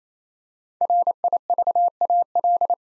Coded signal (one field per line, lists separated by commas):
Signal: Morse code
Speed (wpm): 28 wpm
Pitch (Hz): 700 Hz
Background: none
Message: RIVAL